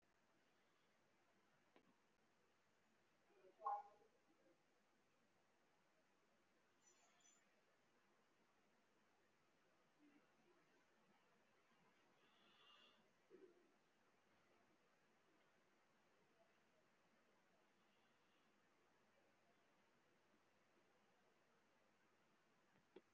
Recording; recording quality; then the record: shallow breathing; moderate, slight background noise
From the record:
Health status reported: respiratory illness, not identified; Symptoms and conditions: fatigue, another respiratory illness, another condition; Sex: male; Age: 65 years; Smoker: no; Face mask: worn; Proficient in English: no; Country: India